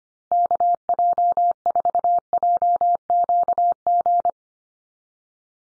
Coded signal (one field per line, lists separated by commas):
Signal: Morse code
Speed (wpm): 25 wpm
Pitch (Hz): 700 Hz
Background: none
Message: KJ4JQG